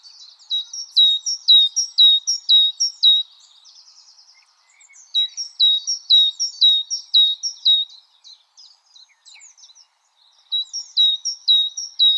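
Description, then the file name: Great tit delivering three runs of quick, repeated two-note phrases, each run lasting a few seconds, separated by short pauses with faint background chirps. "Parus major"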